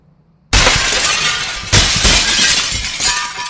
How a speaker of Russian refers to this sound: И тут же оба подпрыгнули, взорвались, вылетая наружу миллионом острых льдинок оконные стекла.